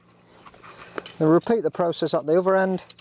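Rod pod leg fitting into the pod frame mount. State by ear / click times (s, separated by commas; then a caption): seated / 1.0 s. An adjustable leg or bank-stick fitting on a metal Prologic fishing rod pod (Quasar or Black Fire) is pushed into its mount in the pod frame, giving a sharp click at 1.0 s as it locks into place. Faint handling noise comes before the click, and someone talks from about 1.2 s onward.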